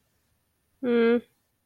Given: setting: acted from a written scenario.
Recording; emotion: vocal sound without words; neutral